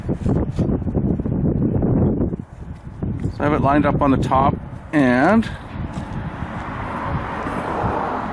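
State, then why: Not seated. A wiper blade's connector is lined up on the hook end of a metal wiper arm, making small taps and scrapes while someone talks, with outdoor noise in the background. Nothing has clicked or seated yet.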